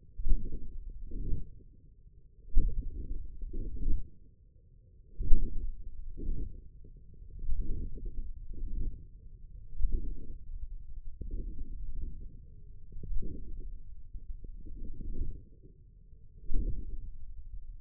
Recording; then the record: forearm muscle sounds (acoustic myography)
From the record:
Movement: forearm pronation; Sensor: system 1, eight BSWA MPA416 microphones around the upper forearm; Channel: 5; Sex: male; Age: 54 years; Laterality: right